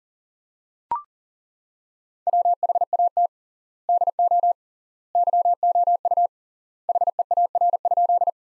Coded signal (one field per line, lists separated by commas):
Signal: Morse code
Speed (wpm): 40 wpm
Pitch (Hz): 700 Hz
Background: none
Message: WHAT DO YOU HEAR?